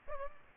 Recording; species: mosquito wingbeat signal from an infrared sensor; Aedes aegypti